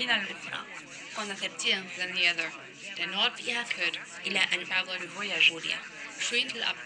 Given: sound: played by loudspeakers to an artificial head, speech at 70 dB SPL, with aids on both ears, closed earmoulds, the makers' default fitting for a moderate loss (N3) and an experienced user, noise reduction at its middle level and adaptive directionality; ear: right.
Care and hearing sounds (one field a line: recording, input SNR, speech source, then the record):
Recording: speech test signal (ISTS) in cocktail-party noise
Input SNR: +6 dB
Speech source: in front (0 degrees)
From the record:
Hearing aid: class 2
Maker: G